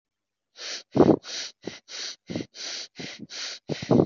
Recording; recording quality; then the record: shallow breathing; excellent, no background noise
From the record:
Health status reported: healthy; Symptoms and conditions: none ticked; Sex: female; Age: 27 years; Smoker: not ticked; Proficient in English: yes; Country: India